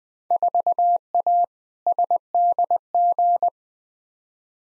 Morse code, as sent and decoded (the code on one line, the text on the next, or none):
....- .- / ... -.. --.
4A SDG